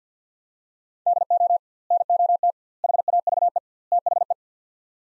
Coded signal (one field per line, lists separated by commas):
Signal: Morse code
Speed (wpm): 50 wpm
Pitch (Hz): 700 Hz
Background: none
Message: DO NOT HAVE THE